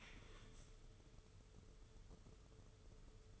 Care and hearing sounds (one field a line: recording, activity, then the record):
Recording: daily activity, microphone in the room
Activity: stand up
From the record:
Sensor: 4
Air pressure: 995.3 hPa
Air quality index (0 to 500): 216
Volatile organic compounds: 258 ppm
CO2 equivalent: 4382 ppm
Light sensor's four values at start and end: 19/49/19/23 and 19/49/19/23